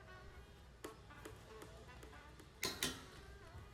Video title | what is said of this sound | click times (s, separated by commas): POV: Lexus Mechanic Replaces Brake Pad & Rotors - 2024-2026 Lexus GX550 | You heard that click. So, they are both torqued. | 2.6 s, 2.8 s